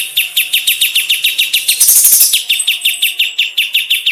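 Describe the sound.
Bulbul singing a steady, rapid series of bright, repeated chirps, with a brief harsh rasping burst in the middle.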